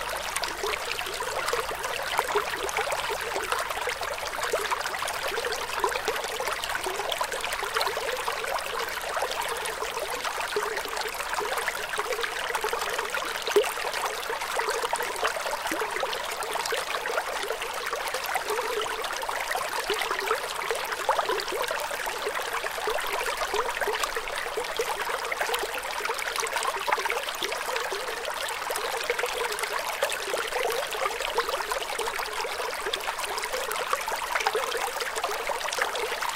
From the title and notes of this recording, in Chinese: 流水1(冥想放鬆失眠白噪音)。